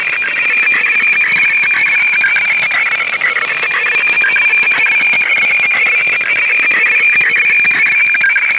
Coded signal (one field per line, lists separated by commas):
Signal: weather fax (radiofax)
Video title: Joint Operational Meteorology & Oceanography Centre (JOMOC) weatherfax transmission - FAX 2618.5 kHz